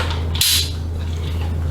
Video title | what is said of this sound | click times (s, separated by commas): Tokyo Marui AKM GBBR: Unboxing/1st Impressions | right snaps into place | 0.4 s